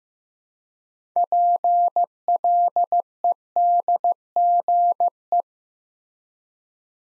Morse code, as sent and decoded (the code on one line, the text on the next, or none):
.--. .-.. . -.. --. .
PLEDGE